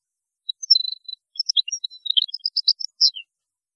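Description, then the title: European goldfinch song: a quick run of bright, tinkling chirps and twitters ending in a short descending slur. "Chant Chardonneret"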